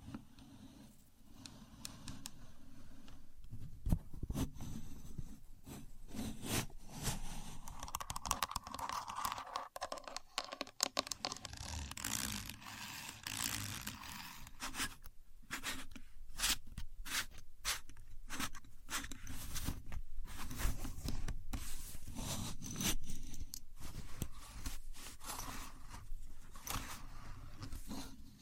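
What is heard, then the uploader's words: A contour gauge is worked by hand, its pins clicking and scraping in quick, irregular bursts with brief pauses between. Sharp rattling taps cluster densely from about fifteen seconds on, over a low steady hum that runs throughout. Using A Contour Gauge (No Talking).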